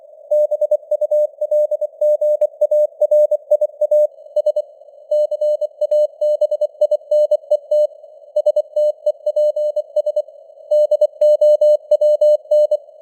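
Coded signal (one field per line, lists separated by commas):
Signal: Morse code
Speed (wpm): 24 wpm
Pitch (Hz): 600 Hz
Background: none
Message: BULGARIA S CABINET STEPS DOWN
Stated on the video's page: News headlines in Morse at 24 wpm with simulated radio noise and varying signal strength (QSB).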